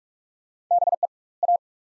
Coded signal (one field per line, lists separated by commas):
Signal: Morse code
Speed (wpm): 44 wpm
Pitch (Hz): 700 Hz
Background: none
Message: BE A